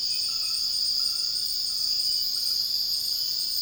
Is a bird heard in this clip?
no